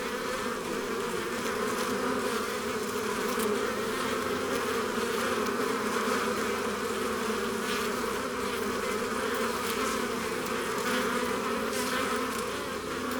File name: Devant la ruche Jaujac Ambiances Sonores d Ardeche Studio Les Trois Becs